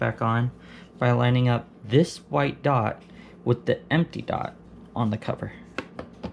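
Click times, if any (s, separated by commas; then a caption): none. A round plastic twist-lock bottom cover is being lined up on a Mac mini desktop case, with its white dot set against the empty dot on the cover before it is twisted toward the black dot to lock. Someone talks throughout, and a few faint, short handling taps are heard near the end at about 5.8, 6.0 and 6.2 seconds. The clip ends before the cover goes home, so nothing has seated or clicked yet.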